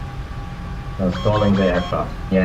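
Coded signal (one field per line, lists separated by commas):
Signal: none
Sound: cockpit stall warning beeps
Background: speech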